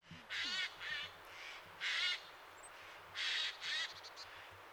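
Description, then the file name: Eurasian jay giving five harsh, grating screeches, a pair, a single, then another pair, each rough and slightly wavering. "Garrulus glandarius"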